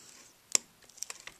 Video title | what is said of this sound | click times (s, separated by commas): Laptop screen replacement / How to replace laptop screen Dell Inspiron N4010 | and so then once the connector is in place you'll hear a click | 0.6 s